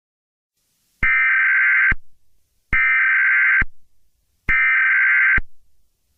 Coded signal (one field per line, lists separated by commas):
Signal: Emergency Alert System (SAME) tones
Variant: header bursts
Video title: Mario EAS Scenario: Dark Moon